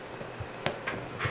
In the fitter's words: make sure you hear that snapping noise snap right into place there